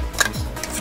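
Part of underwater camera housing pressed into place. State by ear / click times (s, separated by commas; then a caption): seated / 0.2 s. A part is pressed into a plastic underwater camera housing, an ISAW A3 Extreme, and snaps into place with a sharp click at 0.2 s. The part is seated.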